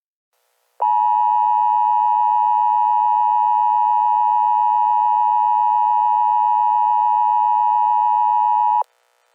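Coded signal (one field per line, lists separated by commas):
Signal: Emergency Alert System (SAME) tones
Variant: 853 and 960 Hz attention tone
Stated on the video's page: Simulated weekly, monthly and nationwide test alerts; tones may be valid.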